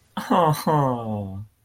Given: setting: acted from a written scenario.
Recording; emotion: vocal sound without words; adoration